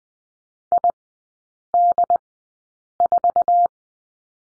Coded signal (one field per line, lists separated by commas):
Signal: Morse code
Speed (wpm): 20 wpm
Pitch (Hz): 700 Hz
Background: none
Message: ID4